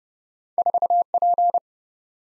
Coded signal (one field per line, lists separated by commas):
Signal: Morse code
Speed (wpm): 30 wpm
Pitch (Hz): 700 Hz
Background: none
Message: 4P